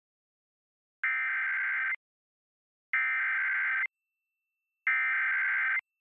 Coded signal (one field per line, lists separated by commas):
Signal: Emergency Alert System (SAME) tones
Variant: header bursts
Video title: Tornado Warning (5/4/21)(EAS 690)